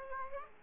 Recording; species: mosquito wingbeat signal from an infrared sensor; Aedes aegypti